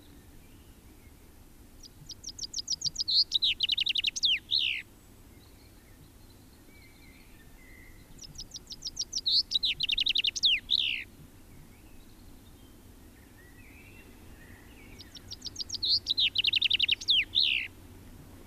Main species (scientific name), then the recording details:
Fringilla coelebs. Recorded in the wild. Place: Garmisch-Partenkirchen, Bayern, DE. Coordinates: 47.4931, 11.0633. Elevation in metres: 784. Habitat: mountains. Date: 1968-04-19. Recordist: Tretzel, Erwin. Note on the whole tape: Almhütte: Gesang